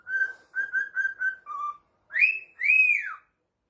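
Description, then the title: Cockatiel whistles a run of several short notes, the last one lower, then gives two loud, arching calls. Several cockatiels singing with whistles. "Calopsitas Cantando Assobio"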